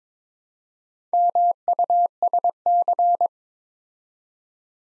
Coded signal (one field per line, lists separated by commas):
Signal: Morse code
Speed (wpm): 22 wpm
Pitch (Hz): 700 Hz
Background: none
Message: MUSC